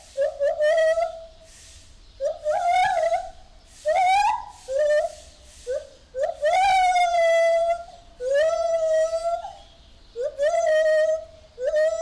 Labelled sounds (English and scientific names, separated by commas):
Lar Gibbon (Hylobates lar)